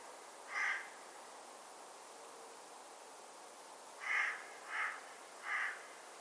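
Bird uttering one harsh caw, then after a pause a quick series of three caws, all over a steady hissing background.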